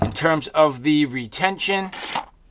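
Someone talks while a machete and its molded kydex sheath are handled, with faint rustling under the voice. The blade has not yet been pushed into the sheath's retention detent, so nothing has seated or clicked yet.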